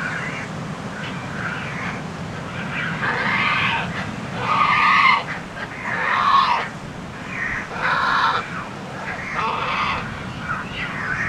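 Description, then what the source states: Pelican calls: rough, grating squawks in bouts every second or so, crowded together over a low rumble. Pelican nesting colony soundscape on Isla Iguana, October 2005.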